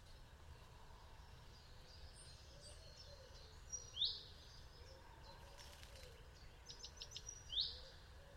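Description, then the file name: Common chaffinch calls: two short, sharp, high downslurred notes about three and a half seconds apart over a steady low rumble. "Fringilla coelebs"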